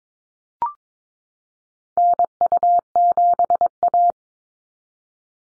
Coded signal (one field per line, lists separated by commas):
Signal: Morse code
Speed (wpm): 22 wpm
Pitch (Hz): 700 Hz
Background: none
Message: NU7A